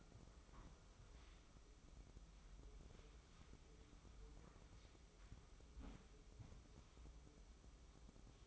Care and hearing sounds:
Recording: daily activity, microphone in the room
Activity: wipe stove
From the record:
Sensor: 1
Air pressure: 996.0 hPa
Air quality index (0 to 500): 69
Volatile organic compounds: 3 ppm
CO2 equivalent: 1424 ppm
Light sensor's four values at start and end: 30/107/41/42 and 32/110/42/44

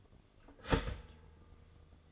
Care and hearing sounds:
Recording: daily activity, microphone in the room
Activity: start toaster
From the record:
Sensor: 4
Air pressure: 1005.0 hPa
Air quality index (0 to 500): 187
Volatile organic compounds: 5 ppm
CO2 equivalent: 1834 ppm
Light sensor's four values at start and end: 19/62/23/22 and 17/57/21/20

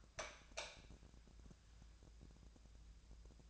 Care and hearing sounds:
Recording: daily activity, microphone in the room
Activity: light on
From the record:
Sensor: 2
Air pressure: 999.8 hPa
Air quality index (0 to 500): 116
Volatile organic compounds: 2 ppm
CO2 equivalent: 1008 ppm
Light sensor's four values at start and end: 30/77/32/37 and 35/94/39/43

